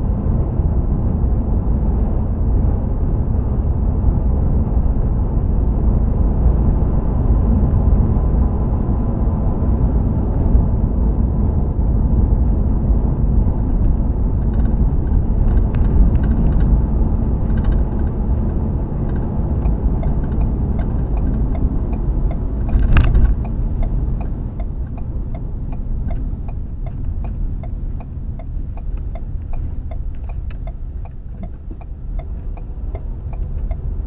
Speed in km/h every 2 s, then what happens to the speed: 76, 76, 74, 74, 74, 72, 69, 64, 61, 60, 50, 40, 31, 19, 13, 11, 18.
0-9 steady at about 74. 9-30 slows to 11. 30-34 speeds up to 18.